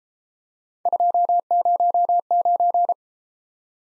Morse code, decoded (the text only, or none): 209